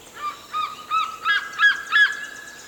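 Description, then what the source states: Madagascar fish eagle calling: a series of six loud, yelping, harmonic notes about a third of a second apart, the pitch edging slightly upward through the series. Critically endangered raptor of Madagascar that eats only fish, nests in big trees and relies on diminishing wetlands.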